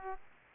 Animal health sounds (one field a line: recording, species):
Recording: mosquito wingbeat signal from an infrared sensor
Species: Aedes aegypti